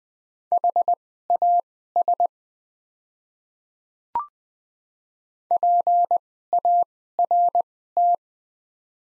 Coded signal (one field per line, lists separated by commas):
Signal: Morse code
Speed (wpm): 20 wpm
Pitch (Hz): 700 Hz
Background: none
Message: HAS PART